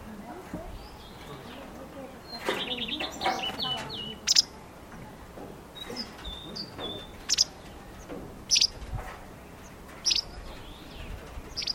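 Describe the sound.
Bird calls: a quick trill, thin whistles and sharp high chirps at irregular intervals, with soft background noise.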